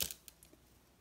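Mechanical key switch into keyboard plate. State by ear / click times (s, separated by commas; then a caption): not seated / none. A mechanical keyboard switch is handled against the metal plate of a customMK Genesis keyboard kit, where its clips are meant to snap in. A burst of handling noise at the start gives way to a few faint, sharp ticks and then near silence. Nothing has seated or clicked into the plate yet.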